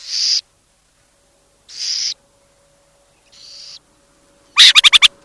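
Burrowing owl giving three harsh, breathy hisses about a second and a half apart, then a quick burst of several sharp chattering notes at the end.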